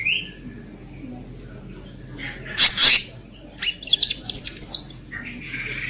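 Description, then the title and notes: Selendang biru: songbird singing a short rising whistle, then a loud harsh burst, followed by a rapid chattering series of notes and softer warbling. Songbird recorded singing continuously in rolling phrases with mimicked fill notes, used as a lure for trapping birds. "BURUNG SELENDANG BIRU GACOR NGEROLL ISIAN. pikat"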